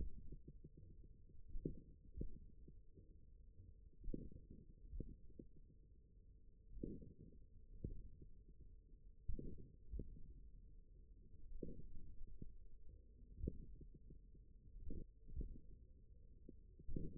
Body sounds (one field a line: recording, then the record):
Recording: forearm muscle sounds (acoustic myography)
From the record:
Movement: finger pinch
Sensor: system 1, eight BSWA MPA416 microphones around the upper forearm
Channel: 7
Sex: male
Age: 41 years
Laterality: right